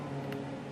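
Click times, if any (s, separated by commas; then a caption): 0.3 s. A part is pressed into the speaker box of a Tamiya M1A2 RC model tank and seats with a single short, sharp click at 0.3 s. The click rises about 13 dB above a steady, low tonal background hum that runs through the whole clip. The part is confirmed seated.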